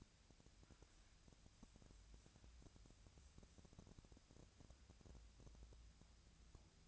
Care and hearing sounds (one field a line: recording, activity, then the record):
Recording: daily activity, microphone in the room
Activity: wipe stove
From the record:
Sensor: 2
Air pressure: 1000.4 hPa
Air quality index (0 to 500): 170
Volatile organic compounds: 3 ppm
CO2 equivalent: 1410 ppm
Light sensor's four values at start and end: 10/25/10/11 and 10/25/11/11